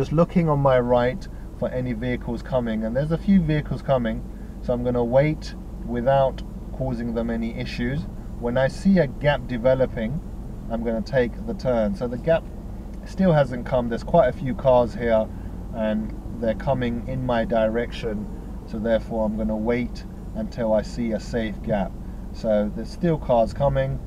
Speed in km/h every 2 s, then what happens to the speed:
0, 0, 0, 0, 0, 0, 0, 0, 0, 0, 0, 0.
0-24 standing.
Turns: none.